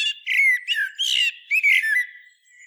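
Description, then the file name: Common blackbird singing rich, low whistled notes mixed with bursts of thin, high chattering twitters in quick succession. "Turdus merula"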